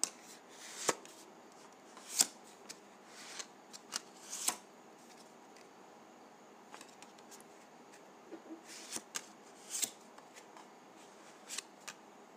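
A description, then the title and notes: Dry putty being handled, with quick crackling snaps and crisp squishes scattered irregularly, the loudest near two and four seconds, over faint hiss. ASMR Dry Putty.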